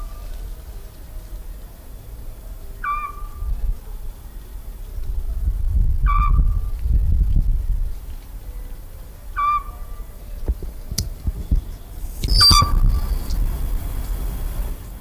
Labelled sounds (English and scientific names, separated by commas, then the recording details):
Eurasian Scops Owl (Otus scops)
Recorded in the wild
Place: Chersonissos, Insel Kreta, GR
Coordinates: 35.3083, 25.3833
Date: 1996-09-24 22:37
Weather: sunny, 25-28°C
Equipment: Sony MD-WM MZ-R3, Sennheiser MKH 416 T, Kopie Uher 4000 Report Monitor
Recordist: Tembrock, Günter